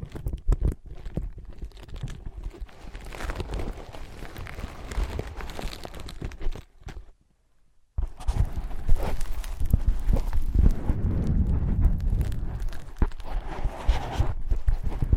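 Ear pads are tapped, scratched and traced in dense, uneven bursts of low thumps and rustling, with a near-silent gap around seven seconds.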